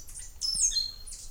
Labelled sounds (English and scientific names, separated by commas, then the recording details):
Stitchbird (Notiomystis cincta) song
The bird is a male
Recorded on Tiritiri Matangi Island, New Zealand, in 2005
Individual 11, of nest box 13